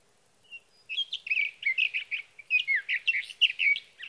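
Sage thrasher in full song, a quick, rambling series of whistled and buzzy notes strung together continuously.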